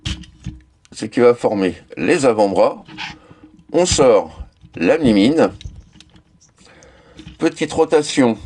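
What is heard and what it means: A plastic part that will form the forearms is unclipped from the body of a Transformers War for Cybertron Earthrise Astrotrain toy robot, releasing with a sharp snap at 0.1 s. Someone talks throughout, with a few faint clicks of handling around 6.0 to 7.2 s.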